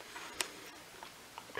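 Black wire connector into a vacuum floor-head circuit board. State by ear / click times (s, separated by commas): seated / 0.4 s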